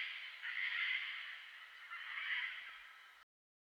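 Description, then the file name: Gang-gang cockatoo making a drawn-out, raspy, grating call that swells twice. "gangang cockatoo"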